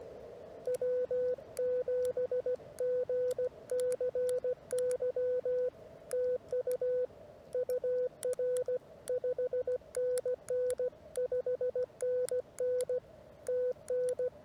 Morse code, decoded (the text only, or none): W7GCY TU UR 5NN 5NN TN